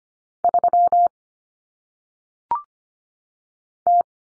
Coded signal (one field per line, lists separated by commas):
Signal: Morse code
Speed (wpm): 25 wpm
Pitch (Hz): 700 Hz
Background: none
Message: 3 T